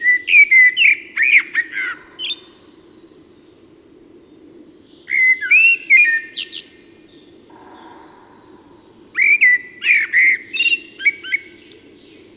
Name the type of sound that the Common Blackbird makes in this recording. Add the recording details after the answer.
song. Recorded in the wild. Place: Schorfheide, Brandenburg, DE. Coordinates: 52.907, 13.531. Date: 1989-04-16 08:05. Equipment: Nagra III BH, Sennheiser MD 21, parabola. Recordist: Schubert, Michael